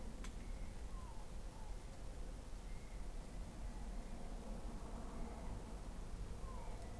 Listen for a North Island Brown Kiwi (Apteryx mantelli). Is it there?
no